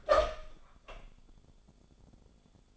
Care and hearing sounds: daily activity, microphone in the room; open door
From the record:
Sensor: 5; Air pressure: 1015.3 hPa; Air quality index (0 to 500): 208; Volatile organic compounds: 10 ppm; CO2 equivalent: 2263 ppm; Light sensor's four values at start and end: 36/81/33/32 and 36/81/33/32

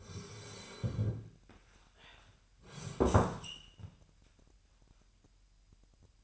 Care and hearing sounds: daily activity, microphone in the room; sit down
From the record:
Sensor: 2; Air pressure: 998.4 hPa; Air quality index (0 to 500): 126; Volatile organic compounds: 3 ppm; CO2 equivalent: 1426 ppm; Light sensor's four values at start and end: 6/13/5/6 and 6/15/6/7

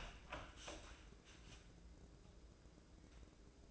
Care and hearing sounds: daily activity, microphone in the room; open door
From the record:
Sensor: 2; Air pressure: 1012.2 hPa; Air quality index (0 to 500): 160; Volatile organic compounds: 2 ppm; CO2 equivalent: 1170 ppm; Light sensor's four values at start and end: 438/1093/446/470 and 435/1086/443/467

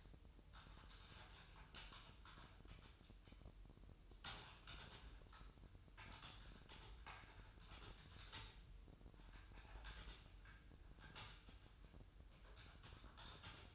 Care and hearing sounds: daily activity, microphone in the room; typing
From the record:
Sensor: 2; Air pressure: 988.6 hPa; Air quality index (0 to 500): 202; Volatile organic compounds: 265 ppm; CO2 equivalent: 4400 ppm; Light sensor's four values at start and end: 21/74/28/28 and 21/74/28/28

